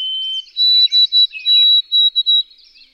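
White-throated sparrow song, loud and clear: a low steady whistle that steps up to repeated higher whistled notes, with another bird's warbling overlapping.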